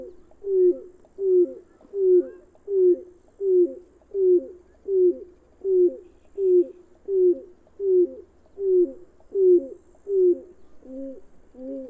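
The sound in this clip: Bird cooing in a regular, rhythmic sequence of low mellow notes, over a dozen in a row, ending with a softer, deeper note.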